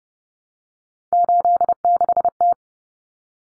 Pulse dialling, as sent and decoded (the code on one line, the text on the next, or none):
none